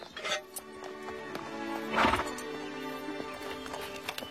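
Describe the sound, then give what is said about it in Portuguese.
A ridden horse's hooves clop in a steady, uneven patter while the animal lets out a loud, high, quavering whinny partway through, with softer snorting neighs around it. “Andar a cavalo é mais fácil do que eu pensava.”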